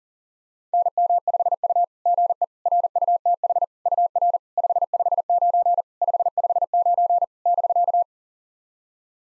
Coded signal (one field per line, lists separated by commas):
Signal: Morse code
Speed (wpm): 44 wpm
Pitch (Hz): 700 Hz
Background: none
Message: NM5U GE RUTH UR 559 559 <BK>